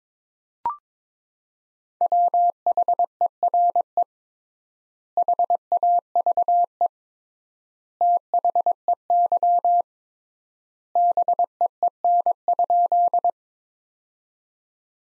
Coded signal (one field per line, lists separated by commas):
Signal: Morse code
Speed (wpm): 22 wpm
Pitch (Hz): 700 Hz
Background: none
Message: WHERE HAVE THEY BEEN?